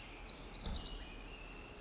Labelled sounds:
Pacific Wren (Troglodytes pacificus)
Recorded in Sonoma County, California

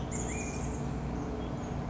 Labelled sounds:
Black-headed Grosbeak (Pheucticus melanocephalus)
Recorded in Sonoma County, California

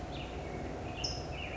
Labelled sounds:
California Towhee (Melozone crissalis)
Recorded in Sonoma County, California

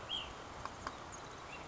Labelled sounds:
Ash-throated Flycatcher (Myiarchus cinerascens)
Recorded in Sonoma County, California

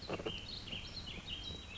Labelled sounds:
Warbling Vireo (Vireo gilvus)
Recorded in Sonoma County, California

